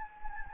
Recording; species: mosquito wingbeat signal from an infrared sensor; Anopheles gambiae